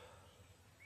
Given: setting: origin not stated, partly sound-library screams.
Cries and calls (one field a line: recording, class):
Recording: one-second piece from a danger detection set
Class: normal situation